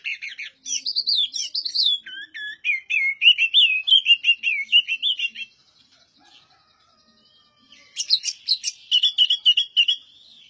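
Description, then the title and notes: Oriental magpie-robin song: long, fast run of whistled and chattering notes rising and falling, a pause, then a further burst of sharp chirps. Master song for training other birds; the bird is singing vigorously (gacor). "Suara Burung Kacer masteran. burung kacer gacor hebat"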